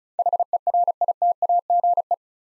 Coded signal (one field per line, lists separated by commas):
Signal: Morse code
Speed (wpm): 36 wpm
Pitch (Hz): 700 Hz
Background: none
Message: HERITAGE